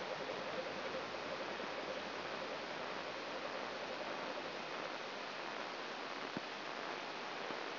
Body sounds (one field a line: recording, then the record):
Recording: brain microelectrode recording played as sound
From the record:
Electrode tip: outside the subthalamic nucleus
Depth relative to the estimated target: 6 mm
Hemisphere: right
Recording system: AlphaMap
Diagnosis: Parkinson's disease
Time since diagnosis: 11 years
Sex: male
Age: 66 years